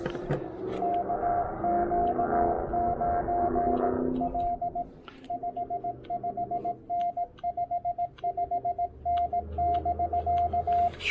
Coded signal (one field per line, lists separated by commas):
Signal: Morse code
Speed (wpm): 18 wpm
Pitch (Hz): 700 Hz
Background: radio noise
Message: KQ9L 55N 55N <BK>